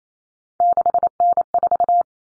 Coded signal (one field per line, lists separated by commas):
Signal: Morse code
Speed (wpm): 28 wpm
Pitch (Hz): 700 Hz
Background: none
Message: 6N4